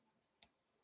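A plastic toy brick piece is pressed again into a brick model and snaps home with one sharp click at 0.4 s, which stands out against a quiet background. The piece is seated.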